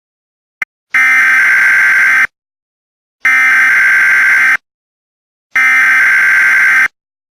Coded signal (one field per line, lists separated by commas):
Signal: Emergency Alert System (SAME) tones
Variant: header bursts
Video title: EAS Scenario #1: Serial Killer